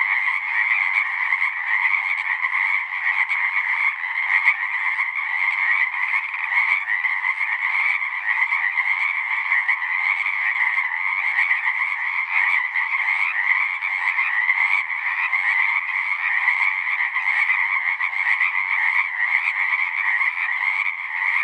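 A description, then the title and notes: A full chorus of frogs after dusk, a dense, unbroken wall of rapid trilling calls that holds steady for the whole stretch. The sound is bright and high, centered in a shrill band, with overlapping voices and no gaps or other noises. Chorus Frogs, Full Chorus, post-dusk. Whether you know it as Pseudacris regilla (Pacific Chorus Frog) or Hyla regilla (Pacific Treefrog), its voice is instantly recognizable. A full chorus begins and they roar to life as a deafening wall of amphibia.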